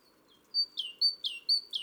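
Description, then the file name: Great tit song, clear two-note phrases, a high steady whistle then a downward swoop, repeated three times in under two seconds. "Parus major"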